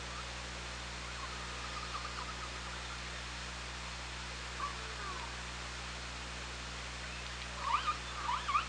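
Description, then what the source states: Killer whale calls: faint tonal squeals early on, then a burst of brighter, sharply bending calls in the last second, over constant underwater hiss and low hum. OrcaLab hydrophone, 24 August 2017.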